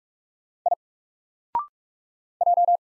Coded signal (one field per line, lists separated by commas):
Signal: Morse code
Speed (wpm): 44 wpm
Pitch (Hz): 700 Hz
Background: none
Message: I J